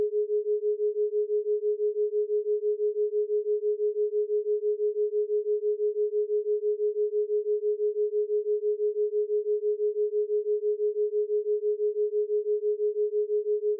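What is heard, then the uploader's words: A 6 Hz delta binaural beat built on a 417 Hz tone: a single pure, mid-pitched hum that holds perfectly steady for the whole clip. Its loudness wobbles in a fast, even pulse, about six times a second, with nothing else in the background. 6Hz Delta Binaural Beat & 417Hz Solfeggio.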